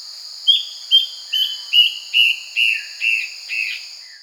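Yellow-browed antbird giving a run of eight or nine clear whistles stepping downward in pitch, with a constant shrill insect buzz behind.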